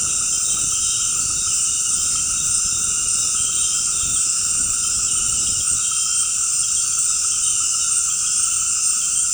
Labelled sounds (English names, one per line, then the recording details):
none
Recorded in secondary vegetation near Puerto Asís, Putumayo, Colombia, on 8 March 2025 at 18:30
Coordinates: 0.502, -76.326
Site G100